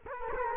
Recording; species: mosquito wingbeat signal from an infrared sensor; Culex quinquefasciatus